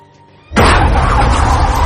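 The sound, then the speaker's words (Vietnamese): A two-wheeled motorbike crashes into an elderly woman crossing a road and falls, smashing: after a faint, quiet moment, a sudden loud smashing impact bursts out and continues as a sustained, harsh rumbling clatter until the end. “Tùng nhìn lên thì thấy bà cụ đã bị xe tông.”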